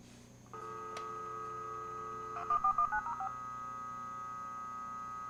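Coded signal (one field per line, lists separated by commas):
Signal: DTMF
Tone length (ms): 80 ms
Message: 1419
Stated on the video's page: Dial-up modem dialing with a US Robotics 56K modem over a landline or VoIP phone line.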